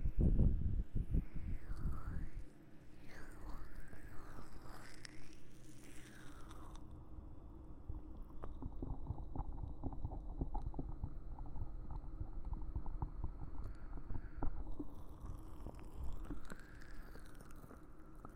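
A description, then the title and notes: Muffled ear massage with soft rubbing and dense low thumps, busiest in the first few seconds. Airy whooshes sweep up and down through the opening seconds and return near the end, while a faint steady tone hums in the middle stretch. ASMR Ear Massage Ear Blowing (No Talking).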